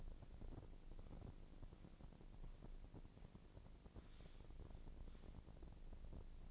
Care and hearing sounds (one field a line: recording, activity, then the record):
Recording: daily activity, microphone in the room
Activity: walk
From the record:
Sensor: 5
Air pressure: 1012.3 hPa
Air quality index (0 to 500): 154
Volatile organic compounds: 2 ppm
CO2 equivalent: 1062 ppm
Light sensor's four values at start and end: 287/688/294/327 and 282/678/289/323